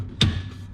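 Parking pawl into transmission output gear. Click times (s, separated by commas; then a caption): 0.2 s. With the shifter in park, a metal drive shaft is rotated by hand from under the car until the transmission's parking pawl drops into its notch in the output gear. One sharp click is heard at 0.2 s over a low hum, with a weaker knock at the very end. The pawl is seated and the transmission is locked in park.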